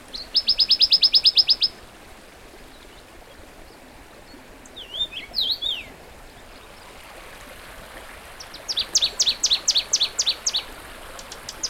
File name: warbler-dusky -Phylloscopus-fuscatus